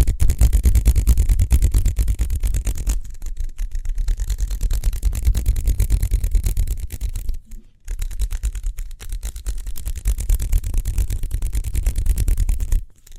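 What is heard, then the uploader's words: Speedy hand sounds: a fast, dense run of rubbing or patting strokes, each one short and close to the next, with a heavy low thump underneath. The flurry keeps up almost nonstop, breaking briefly near the middle and again just before the end. ASMR Speedy Hand Sounds (No Talking).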